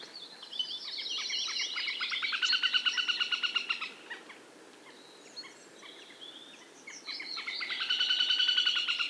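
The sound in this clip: Bird song: rapid trilled and chattering phrases in two bursts, from about one to four seconds and again from about seven and a half seconds to the end, with a quieter twittering gap between.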